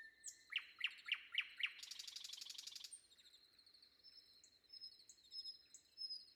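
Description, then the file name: Nightingale song: five sharp falling notes at a steady beat, then a dense buzzy rattle for about a second, trailing into softer phrases, with thin high whistles behind. Sung before dawn. "predawn nightingale"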